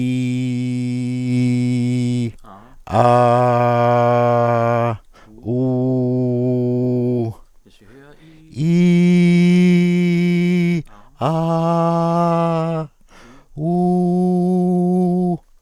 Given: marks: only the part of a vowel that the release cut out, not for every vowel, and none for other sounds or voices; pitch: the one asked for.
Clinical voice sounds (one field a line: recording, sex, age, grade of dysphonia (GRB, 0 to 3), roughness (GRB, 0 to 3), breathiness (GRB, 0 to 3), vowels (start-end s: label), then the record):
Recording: sustained vowels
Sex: male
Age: 40 to 49 years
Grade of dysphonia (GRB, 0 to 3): 1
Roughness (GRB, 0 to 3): 1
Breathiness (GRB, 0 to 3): 1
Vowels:
0.00-1.25 s: vowel /i/, normal pitch
3.08-4.76 s: vowel /a/, normal pitch
5.60-7.13 s: vowel /u/, normal pitch
8.66-10.65 s: vowel /i/, high pitch
11.30-12.72 s: vowel /a/, high pitch
13.69-15.31 s: vowel /u/, high pitch
From the record:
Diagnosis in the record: dysarthrophonia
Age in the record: 41 years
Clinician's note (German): Restsymptomatik